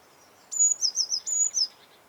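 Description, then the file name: Eurasian blue tit giving a high, thin sustained note followed by a few short, slightly falling notes, then another sustained note and one more falling note. "Cyanistes caeruleus"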